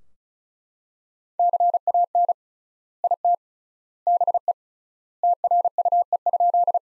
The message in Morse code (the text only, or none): CAN IT BE TRUE?